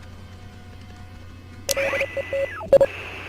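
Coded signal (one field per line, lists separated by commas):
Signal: Morse code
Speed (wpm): 30 wpm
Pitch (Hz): 550 Hz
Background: none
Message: LET I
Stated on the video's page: Morse heard in the adventure game Oxenfree.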